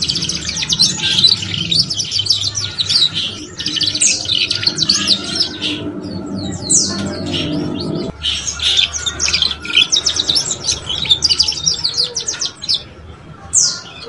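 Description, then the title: Belgian canary song: a dense run of high buzzy trills and rapid chattering phrases, with brief pauses. Belgian canary song used to stimulate young canaries, prompting them to start singing quickly and chirp. "Canto Para Esquentar Canário Belga. SUARA KENARI PAUD CUIT CUIT BELAJAR BUNYI - pancingan kenari paud muda agar cepat bunyi dan ngeriwik"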